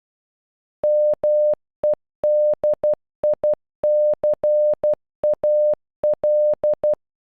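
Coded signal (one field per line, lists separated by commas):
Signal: Morse code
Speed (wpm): 12 wpm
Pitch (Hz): 600 Hz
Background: none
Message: MEDICAL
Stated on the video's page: Computer-generated audio spelling a single word in Morse.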